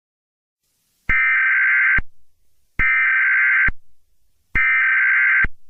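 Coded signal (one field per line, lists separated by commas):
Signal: Emergency Alert System (SAME) tones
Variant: header bursts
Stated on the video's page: Simulated EAS alert, a mock with valid EAS tones and loud sudden noises.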